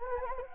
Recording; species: mosquito wingbeat signal from an infrared sensor; Anopheles gambiae